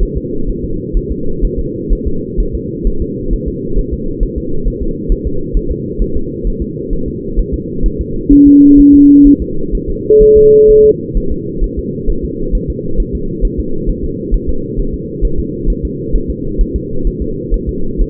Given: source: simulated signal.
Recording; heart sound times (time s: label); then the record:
fetal heart sounds
0.03 s: S1
0.17 s: S2
0.49 s: S1
0.64 s: S2
0.97 s: S1
1.12 s: S2
1.44 s: S1
1.59 s: S2
1.92 s: S1
2.07 s: S2
2.40 s: S1
2.55 s: S2
2.87 s: S1
3.02 s: S2
3.33 s: S1
3.48 s: S2
3.79 s: S1
3.93 s: S2
4.23 s: S1
4.38 s: S2
4.68 s: S1
4.82 s: S2
5.12 s: S1
5.27 s: S2
5.57 s: S1
5.71 s: S2
6.02 s: S1
6.17 s: S2
6.47 s: S1
6.62 s: S2
6.93 s: S1
7.08 s: S2
7.39 s: S1
7.54 s: S2
7.86 s: S1
8.01 s: S2
8.33 s: S1
8.47 s: S2
8.80 s: S1
8.94 s: S2
9.27 s: S1
9.42 s: S2
9.75 s: S1
9.89 s: S2
10.22 s: S1
10.37 s: S2
10.70 s: S1
10.85 s: S2
11.17 s: S1
11.32 s: S2
11.64 s: S1
11.79 s: S2
12.10 s: S1
12.24 s: S2
12.55 s: S1
12.70 s: S2
13.00 s: S1
13.15 s: S2
13.45 s: S1
13.59 s: S2
13.89 s: S1
14.04 s: S2
14.34 s: S1
14.49 s: S2
14.79 s: S1
14.94 s: S2
15.25 s: S1
15.39 s: S2
15.70 s: S1
15.85 s: S2
16.15 s: S1
16.30 s: S2
16.61 s: S1
16.76 s: S2
17.07 s: S1
17.22 s: S2
17.54 s: S1
17.69 s: S2
18.02 s: S1
From the record:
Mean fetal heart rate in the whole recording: 130 bpm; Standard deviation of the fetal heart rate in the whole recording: 4 bpm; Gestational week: 38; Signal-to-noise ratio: -8.1 dB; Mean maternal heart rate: 72 bpm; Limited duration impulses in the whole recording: present